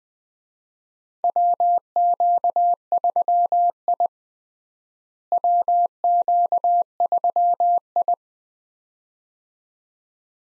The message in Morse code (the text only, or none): WQ3I WQ3I